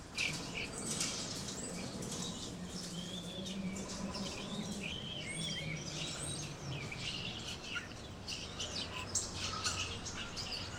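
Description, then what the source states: Birds chirping, clear looping whistled phrases over a constant twittering, with a low steady background hum throughout. Birds chirping in a tree.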